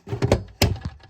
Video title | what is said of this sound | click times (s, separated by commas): How to change out the power supply in a pinball computer | but I'm putting my other hand on there and I'm just pushing down and you're going to hear a click all right | 0.6 s